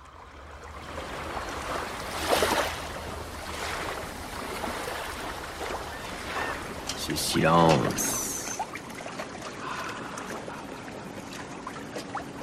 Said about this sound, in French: Juste un petit clapotis au ras des flots. Clic, clic, clic. Tu te laisses bercer par la mer.